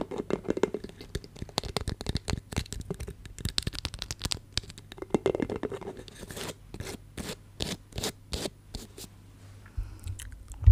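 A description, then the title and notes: Beeswax wrap is handled in rapid, crinkly scratching and crackling for the first six seconds, dense and uneven. After that the sounds thin into separate, fairly regular taps about twice a second, over a faint low hum, ending on a sharp louder knock. Beeswax Wrap Triggers INTENSE TINGLING! Tapping, Scratching, Sticky Sounds.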